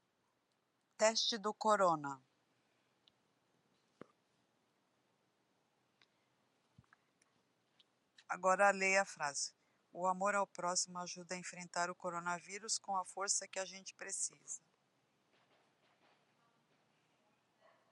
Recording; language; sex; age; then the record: spoken sentence; Brazilian Portuguese; female; 50 to 59 years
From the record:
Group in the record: control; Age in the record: 59 years